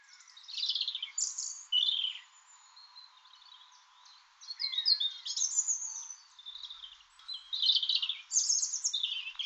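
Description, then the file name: European robin song in several bursts: sweet, high tumbling phrases and trills separated by short pauses, with a soft, fainter warble in between. "Erithacus rubecula"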